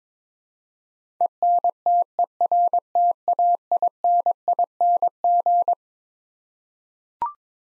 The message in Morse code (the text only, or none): ENTERTAINING